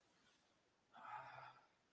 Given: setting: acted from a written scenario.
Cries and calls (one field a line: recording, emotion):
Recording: vocal sound without words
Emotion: shame